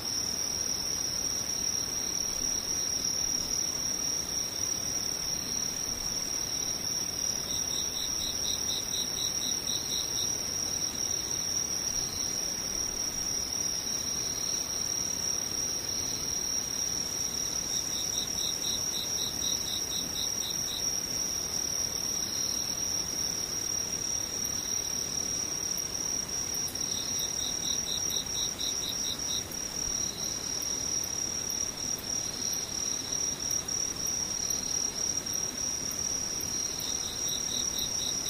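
Insects sing in a continuous, high, steady trill that holds unbroken for the whole stretch. Over it, short pulsing chirps come in bursts every few seconds, clearest around 8, 19, and 27 to 30 seconds. A soft, even hiss fills the background.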